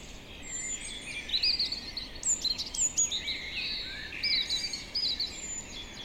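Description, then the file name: European robin singing a run of varied, high, silvery trills and sliding whistles over a continuous background hiss. "Erithacus rubecula"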